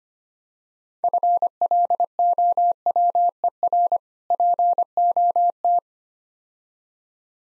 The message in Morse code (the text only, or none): FLOWER POT